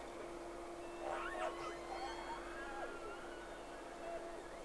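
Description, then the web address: Whale calls in a cluster: several overlapping tonal sweeps rising and falling, strongest early on, then softer drawn-out contours, with a constant low hum underneath. Two whales recorded on 3 October 2006 around 11:30, first round of recording. "Sea Snake 10-3-06 Whales X 2 11-30 Round 1"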